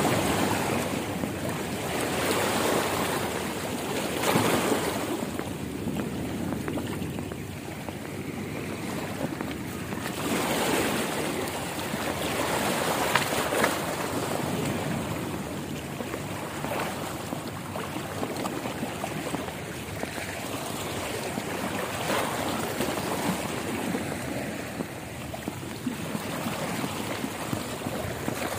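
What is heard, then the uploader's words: Ocean waves crash on rocks in a dense, continuous roar, with surges swelling roughly every few seconds, strongest near 4, 10 and 13 seconds. Ocean waves crashing on rocks.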